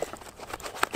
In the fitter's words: snaps in place just like that and